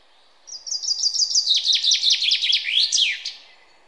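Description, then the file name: Common chaffinch song: a descending series of high, thin notes ending in a slurred flourish, over faint background noise. "Fringilla coelebs"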